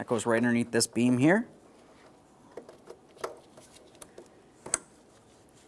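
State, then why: Seated. Someone talks, then the upper wiring harness connector is pressed onto the new headlight assembly of a 2017-2024 GMC Acadia, with faint handling clicks and rustles before a sharp click at 4.7 s as it seats. The connector is confirmed seated and given a tug to check it before its red locking tab is pushed in.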